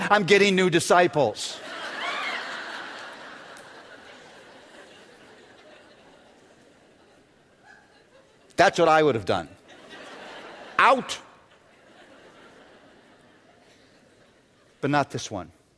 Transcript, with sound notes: I'm getting new disciples!" (laughter) That's what I would have done. "Out!" But not this One.